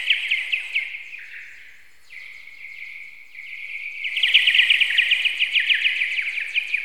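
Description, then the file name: Bird chirping rapidly and high, easing to a thin steady tone midway, then bursting into loud, busy trilled chirps. "Linnut"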